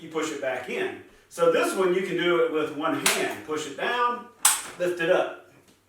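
Someone talks while handling the plastic latching part on the handle of a Shark upright vacuum (NV835 or Apex AZ1002), pushing it back down with one hand toward its locked position. The clip ends before the latch goes home, so nothing has seated or clicked yet.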